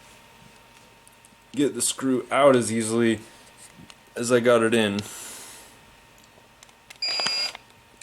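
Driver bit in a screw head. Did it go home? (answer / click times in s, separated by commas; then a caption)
no / 7.6 s, 8.0 s. A prototype driver bit tries to back a screw out of its head, but the interface does not seat properly and the bit cams out instantly, leaving the screw head stripped. Someone talks, then a short high-pitched whirring burst is heard around 7.0–7.5 seconds. Sharp slip clicks follow at 7.5 and 8.0 seconds.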